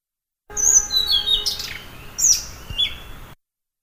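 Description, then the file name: Blue-throated flycatcher song: a short burst of high, sweet whistled notes sliding up and down, in two brief phrases. "kicau-sikatan-blue-throated -omkicau"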